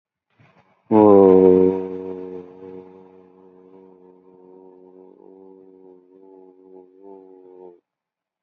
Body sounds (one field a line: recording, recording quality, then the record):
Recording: sustained vowel as in boot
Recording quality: excellent, no background noise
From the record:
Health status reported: COVID-19 positive, mild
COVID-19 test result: positive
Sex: male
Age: 39 years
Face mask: not worn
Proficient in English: yes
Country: India